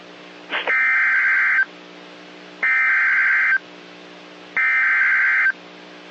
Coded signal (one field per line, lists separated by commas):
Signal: Emergency Alert System (SAME) tones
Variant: header bursts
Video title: Severe Thunderstorm Warning (EAS #58)